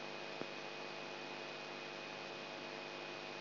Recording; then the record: brain microelectrode recording played as sound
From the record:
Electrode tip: outside the subthalamic nucleus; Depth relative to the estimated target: -4 mm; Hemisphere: right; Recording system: AlphaMap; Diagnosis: Parkinson's disease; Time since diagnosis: 8 years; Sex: male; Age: 59 years